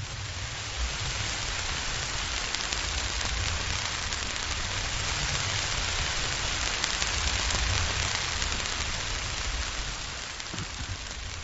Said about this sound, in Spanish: No son interferencias en vuestro aparato de radio. Son sonidos que vienen de muy lejos. Es el sonido del sol. Concretamente, el sonido de una tormenta solar.